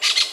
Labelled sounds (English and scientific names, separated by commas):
Brown-throated Parakeet (Eupsittula pertinax) contact call